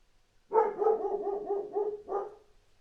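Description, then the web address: Dog barking, a quick run of about seven barks lasting about two seconds. "animals dog barking"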